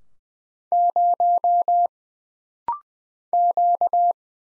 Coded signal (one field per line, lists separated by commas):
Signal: Morse code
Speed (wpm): 20 wpm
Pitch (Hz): 700 Hz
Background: none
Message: 0 Q